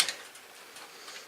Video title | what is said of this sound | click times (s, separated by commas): How to replace or upgrade your memory | two little tabs on each side will actually click | 0.0 s, 0.1 s